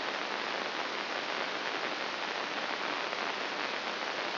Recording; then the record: brain microelectrode recording played as sound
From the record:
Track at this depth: inside the subthalamic nucleus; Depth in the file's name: 4.585 mm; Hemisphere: left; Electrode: 2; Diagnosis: Parkinson's disease